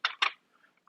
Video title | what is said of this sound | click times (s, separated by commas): Showcase-Setup-Demo & FPS: Oskeray AK74 Gel Ball Blaster - 200+ FPS - CONTEST LINK IN DESC | clicks locks into place | 0.1 s